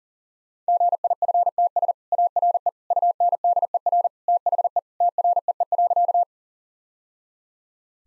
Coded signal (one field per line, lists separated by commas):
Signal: Morse code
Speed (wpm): 40 wpm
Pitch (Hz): 700 Hz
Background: none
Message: GIFTS ARE UNDER THE TREE.